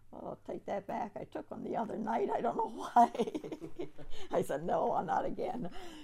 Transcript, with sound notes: I'll take that back, I took one the other night, I don't know why. [Laughs] I said no, not again.